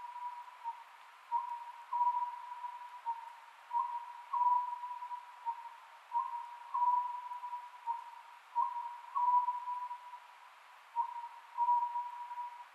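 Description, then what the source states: Oriental scops owl, steady series of mellow hooted phrases, two or three notes each, returning about every two and a half seconds against low hiss. Recorded 27 May 2010 at 22:21.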